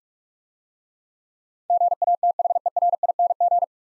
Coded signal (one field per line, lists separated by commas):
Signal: Morse code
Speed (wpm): 44 wpm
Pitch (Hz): 700 Hz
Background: none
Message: GATHERING